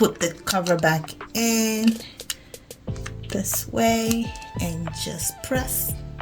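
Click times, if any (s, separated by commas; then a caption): none. A plastic battery cover for an Acura MDX car key fob is set back into the fob housing at an angle after the coin battery has been replaced, with music playing while someone talks. A few light handling taps are heard as the cover is positioned and pressed. Nothing has seated or clicked yet by the end of the clip.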